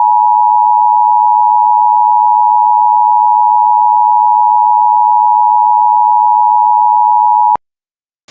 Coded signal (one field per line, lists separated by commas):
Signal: Emergency Alert System (SAME) tones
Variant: 853 and 960 Hz attention tone